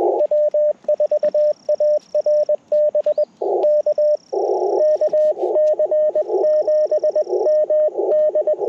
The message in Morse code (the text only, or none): W4ARB K KC7MD